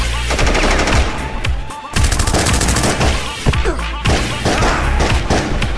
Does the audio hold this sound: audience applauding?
no